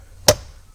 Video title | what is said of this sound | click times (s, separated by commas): 3X Lock Plug & Play remote start 2016-2023 Toyota Tacoma RFK411 No TPMS CUT MyCar Smart Phone APP | See, if it doesn't snap right there, then it's not on correctly. | 0.3 s